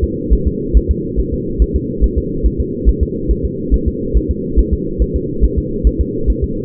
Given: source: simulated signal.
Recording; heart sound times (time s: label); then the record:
fetal heart sounds
0.04 s: S2
0.33 s: S1
0.47 s: S2
0.77 s: S1
0.91 s: S2
1.20 s: S1
1.34 s: S2
1.62 s: S1
1.76 s: S2
2.04 s: S1
2.18 s: S2
2.46 s: S1
2.60 s: S2
2.89 s: S1
3.03 s: S2
3.31 s: S1
3.45 s: S2
3.74 s: S1
3.88 s: S2
4.17 s: S1
4.31 s: S2
4.59 s: S1
4.73 s: S2
5.02 s: S1
5.16 s: S2
5.44 s: S1
5.59 s: S2
5.87 s: S1
6.01 s: S2
6.30 s: S1
6.44 s: S2
From the record:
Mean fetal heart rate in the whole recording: 140 bpm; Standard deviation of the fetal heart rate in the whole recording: 2 bpm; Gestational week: 34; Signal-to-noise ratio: -6.6 dB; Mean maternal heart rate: 72 bpm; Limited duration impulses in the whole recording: present